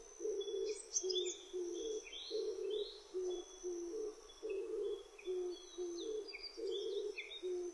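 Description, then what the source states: Oriental turtle dove giving low, hoarse cooing notes in a steady repeated series, while other birds chirp and whistle at high pitch in the background. Recorded on 25 June 2006.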